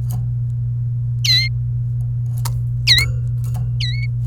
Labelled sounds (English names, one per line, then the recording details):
Domestic Canary song
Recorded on 28 April 2018 at 17:49
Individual llb3